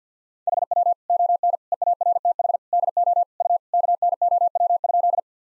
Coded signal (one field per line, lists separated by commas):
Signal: Morse code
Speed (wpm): 50 wpm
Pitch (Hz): 700 Hz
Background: none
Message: HW ON EARTH DO U KNOW?